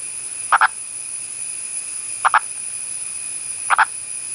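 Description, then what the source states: Purple frog giving double-pulsed clucks, three groups repeated roughly every one and a half seconds against a constant background hiss. Elusive burrowing purple frog of India; vocal behaviour of a fossorial species.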